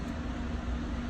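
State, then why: Not seated. A replacement air filter is handled at the air filter housing of a Stihl FS45 string trimmer, with only a steady, low, rumbling background hum and no distinct clicks or sudden sounds. The filter has not snapped or seated into place yet.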